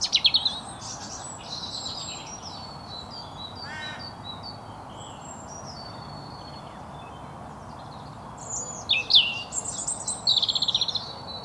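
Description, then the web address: European robin song, with high scratchy trills and whistled phrases at the start and the end, quieter thin notes between, over a steady hiss. "SETE data Erithacus rubecula"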